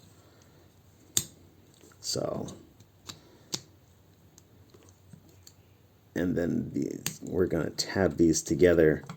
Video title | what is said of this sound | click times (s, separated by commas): Zeta Toys Mini Fly Fire Review | click into place on either side of that slide | 1.2 s